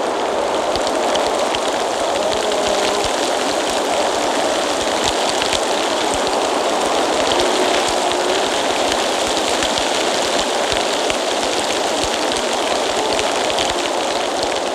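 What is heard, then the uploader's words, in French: Rain falls steadily in windy weather, a dense, even hiss spread from low rumble to bright top with no pauses. Loudness stays level for the whole stretch, with faint short tones drifting in the middle and quick low thumps scattered throughout. J'ai posé mes micros sur la crête du Kastelberg en direction du Kerbholtz. Les conditions météorologiques étaient très venteuses avec de la pluie. Le son de la Grande Fecht est aussi perceptible dans cet enregistrement.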